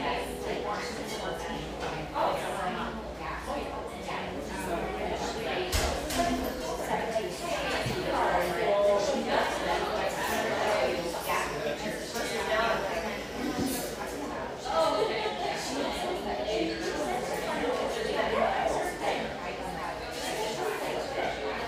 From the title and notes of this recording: Enjoy a sleepy start in this humming café, settled near the beach just north of San Diego.